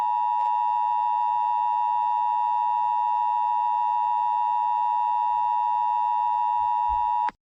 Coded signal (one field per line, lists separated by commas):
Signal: Emergency Alert System (SAME) tones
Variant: 853 and 960 Hz attention tone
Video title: EAS SCENARIO 34: Steve Cob's Revenge